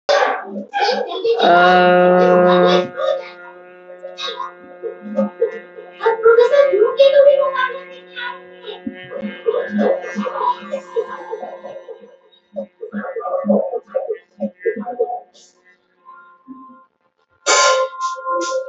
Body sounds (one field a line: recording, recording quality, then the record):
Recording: sustained vowel as in boot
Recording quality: poor, much background noise or distortion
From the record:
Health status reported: healthy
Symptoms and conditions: diabetes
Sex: female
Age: 40 years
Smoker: not ticked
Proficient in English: yes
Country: India